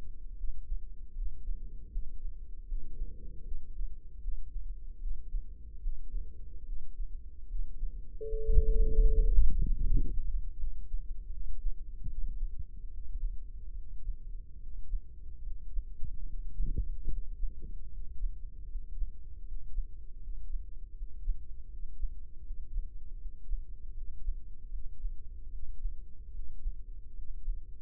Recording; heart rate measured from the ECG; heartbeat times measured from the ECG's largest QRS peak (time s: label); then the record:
heart sounds by microphone in the left ear; 76 bpm
0.35 s: heartbeat
1.13 s: heartbeat
1.90 s: heartbeat
2.66 s: heartbeat
3.43 s: heartbeat
4.19 s: heartbeat
4.98 s: heartbeat
5.80 s: heartbeat
6.63 s: heartbeat
7.46 s: heartbeat
8.27 s: heartbeat
9.07 s: heartbeat
9.83 s: heartbeat
10.57 s: heartbeat
11.30 s: heartbeat
12.07 s: heartbeat
12.90 s: heartbeat
13.74 s: heartbeat
14.59 s: heartbeat
15.43 s: heartbeat
16.26 s: heartbeat
17.09 s: heartbeat
17.89 s: heartbeat
18.67 s: heartbeat
19.44 s: heartbeat
20.19 s: heartbeat
20.94 s: heartbeat
21.69 s: heartbeat
22.43 s: heartbeat
23.18 s: heartbeat
23.93 s: heartbeat
24.70 s: heartbeat
25.49 s: heartbeat
26.31 s: heartbeat
27.14 s: heartbeat
From the record:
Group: healthy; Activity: rest 0-9 s, breath hold 9-28 s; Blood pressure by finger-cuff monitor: 109/79 mmHg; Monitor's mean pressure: 91 mmHg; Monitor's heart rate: 76 bpm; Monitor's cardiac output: 5.4 L/min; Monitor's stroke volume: 72 mL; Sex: female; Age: 32 years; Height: 172 cm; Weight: 71.7 kg